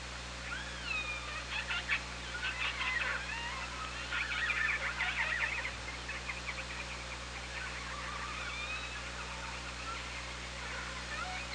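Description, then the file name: Killer whale calls, many overlapping harmonic sweeps and upswept whistles mixed with bursts of clicks, nearly continuous, over constant hiss and low hum. Recorded by OrcaLab hydrophone on 24 August 2017 at 17:29. "Orca Lab 20170824 172908"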